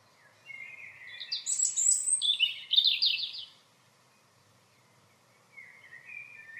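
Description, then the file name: European robin song: a run of thin, high, tinkling and trilled phrases, then a pause before a quieter phrase begins. "Erithacus rubecula"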